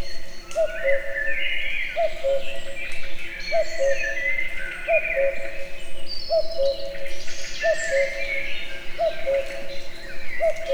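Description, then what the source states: Cuckoo calling cuck-oo rhythmically, about eight falling double notes at steady intervals, while a lively songbird chorus warbles and whistles. Natural outdoor recording near a tourist house at Eger, with the cuckoo heard both far and near.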